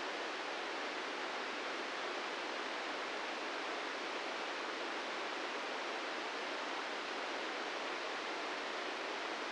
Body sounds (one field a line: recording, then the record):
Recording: brain microelectrode recording played as sound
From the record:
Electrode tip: inside the subthalamic nucleus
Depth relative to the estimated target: -3 mm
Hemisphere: left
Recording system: NeuroSet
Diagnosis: Parkinson's disease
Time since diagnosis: 13 years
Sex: male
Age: 66 years